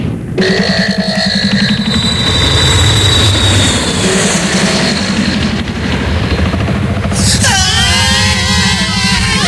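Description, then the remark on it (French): An airplane engine warms up before a flight to Stockholm with a loud, steady drone and deep rumble, then a high, wavering whine rises over it near the end. “Latex, fais chauffer l'avion. Oui. Nous partons pour Stockholm.”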